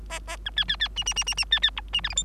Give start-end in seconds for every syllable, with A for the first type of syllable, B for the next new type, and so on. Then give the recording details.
0.10-0.19 A, 0.27-0.37 A, 0.45-0.50 B, 0.56-0.65 C, 0.68-0.76 C, 0.80-0.88 C, 0.96-1.04 D, 1.06-1.14 D, 1.16-1.24 D, 1.26-1.34 D, 1.37-1.45 D, 1.51-1.59 C, 1.62-1.70 C, 1.76-1.81 E, 1.93-2.01 D, 2.03-2.09 F, 2.09-2.14 G, 2.16-2.24 H. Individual Bird3